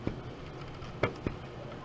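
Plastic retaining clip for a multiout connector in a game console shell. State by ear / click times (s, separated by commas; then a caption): not seated / none. A plastic snap-fit clip from Laser Bear Industries, fitted around the multiout connector, is pushed down into an NES front-loader console shell. There are faint handling ticks around 0.1 s and 1.3 s and a sharper tick at 1.0 s. Nothing has seated or clicked yet.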